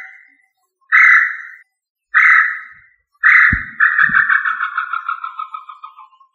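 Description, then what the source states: Quail giving drawn-out whistles about every 1.2 seconds, the last one long, wavering and falling; two dull low knocks sound beneath it. Placed in the family Tinamidae; Indonesian local name puyuh.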